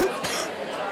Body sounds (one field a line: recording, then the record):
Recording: coughing mixed with background sound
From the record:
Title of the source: 30 Chesty and wet cough